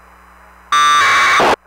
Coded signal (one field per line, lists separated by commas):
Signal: packet radio (AX.25, as in APRS)